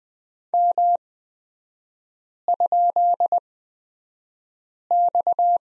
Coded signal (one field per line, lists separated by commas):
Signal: Morse code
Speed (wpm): 20 wpm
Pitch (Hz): 700 Hz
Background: none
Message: M?X